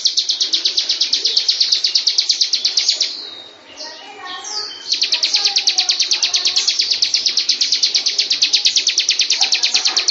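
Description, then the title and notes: Bird song of rapid, high chirped notes in a fast series, breaking briefly midway with softer lower twitters before the fast series resumes. "Kicau Burung Lengkap"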